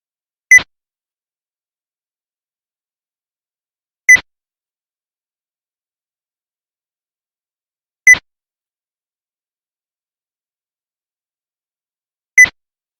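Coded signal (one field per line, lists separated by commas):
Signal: roger beep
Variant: walkie-talkie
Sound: four short high beeps about 4 s apart, each followed by a squelch-tail hiss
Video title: Walkie Talkie Roger Beep Sound Effect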